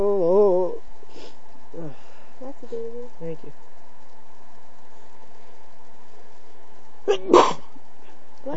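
Three brief, muffled bursts after vocal catches: an adult man holding back sneezes, stifled rather than fully released.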